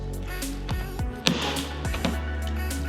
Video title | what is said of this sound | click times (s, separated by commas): NLAM3 Part 10 Oh No What Did We Find Here!? | That is the snaps from the trim breaking loose. | 1.3 s